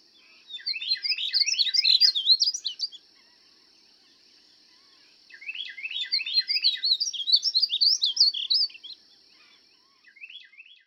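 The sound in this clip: Painted Bunting song: two rapid, bright warbled phrases of jumbled high notes, separated by a pause, with a third phrase starting at the end.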